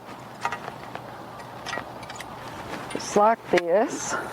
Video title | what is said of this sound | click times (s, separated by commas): Building Low Tunnels | my purling, and this will snap right in here, | 0.4 s